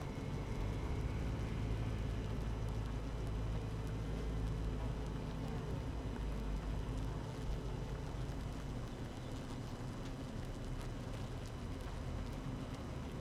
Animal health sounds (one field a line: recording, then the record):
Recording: honeybee colony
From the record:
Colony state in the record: active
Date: 12 June 2018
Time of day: 7:35